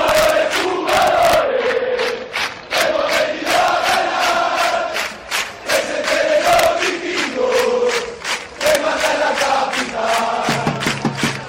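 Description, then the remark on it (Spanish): A loud crowd of football fans at a match shouts, yells and jumps together in sustained, overlapping bursts, voices rising and falling in rough waves across the whole stretch with hardly any pause. “La imagen es flipante, muchos gritan y saltan, parece que estoy en el zoo.”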